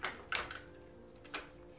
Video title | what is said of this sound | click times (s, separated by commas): Our New Camera Gear! | Snap all right that probably looked more complicated than it was | 0.4 s